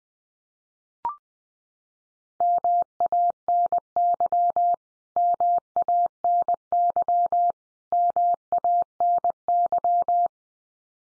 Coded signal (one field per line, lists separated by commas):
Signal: Morse code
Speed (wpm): 20 wpm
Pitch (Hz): 700 Hz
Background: none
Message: MANY MANY MANY